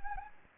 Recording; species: mosquito wingbeat signal from an infrared sensor; Anopheles gambiae